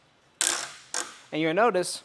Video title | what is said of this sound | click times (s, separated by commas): etrailer - A Closer Look at the Saris MHS DUO Bike Rack on a 2023 Mitsubishi Outlander | once it's all the way down if I try to lift up on it again it won't come up because it's locked into place | 0.4 s